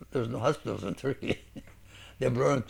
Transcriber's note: he laughs